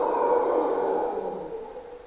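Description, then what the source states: Mantled howler monkey: a short burst of mantled howler monkey roaring, coarse and throaty, dying away toward the end while insects keep droning high above. Monos congos waking the jungle at morning twilight in Parque Nacional Corcovado, Osa Peninsula, Costa Rica; primary hardwood forest and deep river valley echoes.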